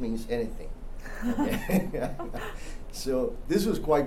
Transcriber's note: laughter